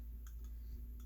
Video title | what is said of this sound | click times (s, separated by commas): Frs Valenti vs VLand Internal Component Comparison. | there we go firmly locks that in place | 0.3 s